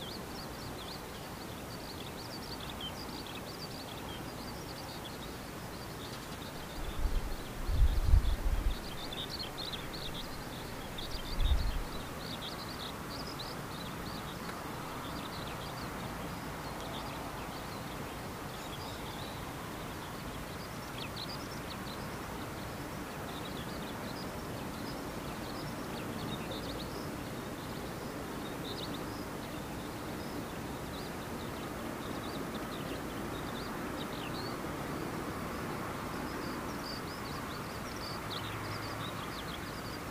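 Birds chirp in quick, thin calls throughout over a steady low hum, with a few dull thumps around seconds seven to twelve.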